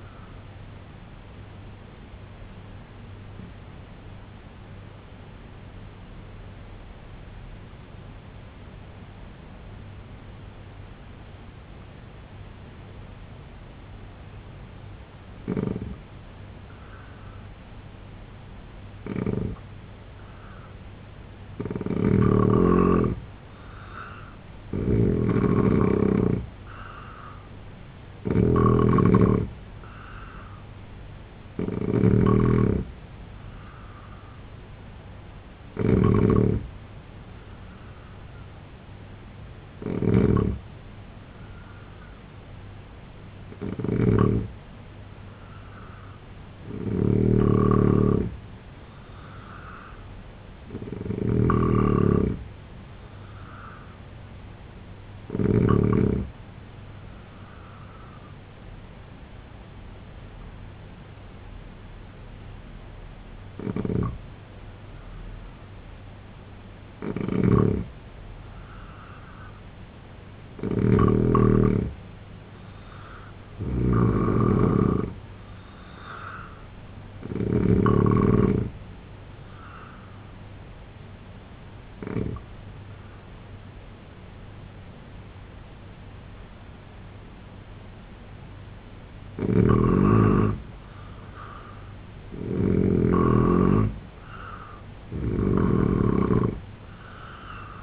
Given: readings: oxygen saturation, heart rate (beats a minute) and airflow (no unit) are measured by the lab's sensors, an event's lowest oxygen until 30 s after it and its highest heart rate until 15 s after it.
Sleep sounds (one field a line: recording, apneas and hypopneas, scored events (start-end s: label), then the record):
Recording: breathing in sleep by a voice recorder at the bedside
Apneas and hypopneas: 3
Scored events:
3.00-21.20 s: obstructive apnea (N3, oxygen 92% highest, then 81% lowest, heart rate 71 at the start, 84 highest)
58.00-73.40 s: hypopnea (N3, oxygen 89% highest, then 82% lowest, heart rate 73 at the start, 83 highest)
80.00-93.50 s: hypopnea (N3, oxygen 89% highest, then 86% lowest, heart rate 81 at the start, 90 highest)
From the record:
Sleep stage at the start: N3 (deep sleep)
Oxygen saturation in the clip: 81 to 92%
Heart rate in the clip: 67 to 90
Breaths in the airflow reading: 17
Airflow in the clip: -4.5 to 6.8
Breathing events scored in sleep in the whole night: 258 in 7.4 hours asleep